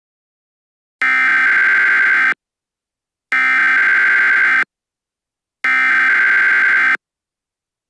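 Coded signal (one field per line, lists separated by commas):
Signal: Emergency Alert System (SAME) tones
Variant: header bursts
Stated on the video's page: Fictional EAS scenario.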